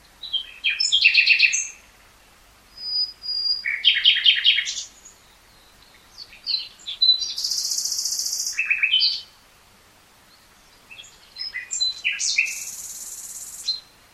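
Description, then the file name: Common nightingale delivering varied song phrases: quick repeated chatters, a pure whistle, then long buzzy, rasping notes, each phrase followed by a short gap. "Luscinia megarhynchos"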